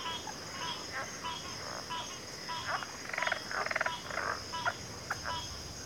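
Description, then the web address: Constant high cricket chorus with many overlapping frog croaks, building to rapid pulsed rattles midway. Cricket chorus in a backwater. "WLL Grade 1-12 Pre-Uni Library Enter Natures Songs Sleep Sounds of Nature CRICKETS Backwater Chorus"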